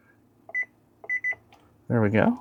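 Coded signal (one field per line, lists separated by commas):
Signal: none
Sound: a handheld radio's key beeps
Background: speech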